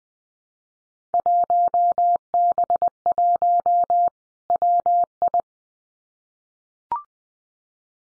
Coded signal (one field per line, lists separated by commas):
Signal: Morse code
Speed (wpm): 20 wpm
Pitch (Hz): 700 Hz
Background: none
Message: 1B1 WI